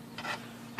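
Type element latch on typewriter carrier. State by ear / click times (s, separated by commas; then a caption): not seated / none. The type element latch on the carrier of an IBM Selectric typewriter is handled during an adjustment, as the part is pushed toward locking into place on the metal mechanism. A short rubbing, scraping burst runs from about 0.2 to 0.35 s, then a quiet stretch, and a sharper sound begins right at the end near 0.8 s. Nothing has seated or clicked yet.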